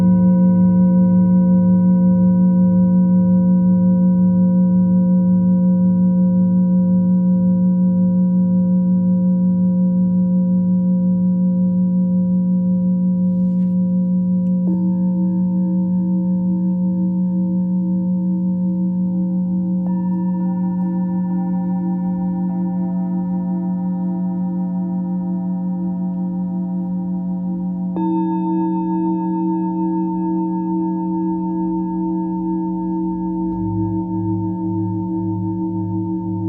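A singing bowl rings in a long, steady hum, its low tone pulsing with a slow wobble throughout. Upper tones shift and step to new pitches around 15, 20 and 28 seconds. Near 34 seconds the bowl is struck or rubbed again, swelling the low throb.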